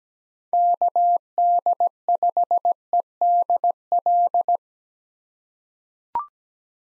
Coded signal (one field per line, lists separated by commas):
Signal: Morse code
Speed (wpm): 17 wpm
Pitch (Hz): 700 Hz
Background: none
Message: KD5EDL